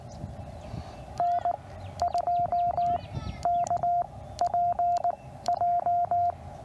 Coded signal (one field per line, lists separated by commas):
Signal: Morse code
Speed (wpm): 12 wpm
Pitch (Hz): 700 Hz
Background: none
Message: N2KPJ